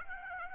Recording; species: mosquito wingbeat signal from an infrared sensor; Aedes aegypti